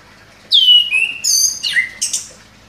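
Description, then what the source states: Orange-headed thrush song phrase of clear whistled notes: a sharp descending slur, then high ringing notes and quick varied chirps. Described as gacor, meaning singing actively.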